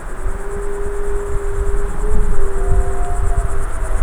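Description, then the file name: Wolf howl, a long, steady, even tone, joined by a second higher voice after about two and a half seconds; crickets chirring high and low rumbling throughout. Adult wolves, Tinée, 2004. "loups adultes moy tinee"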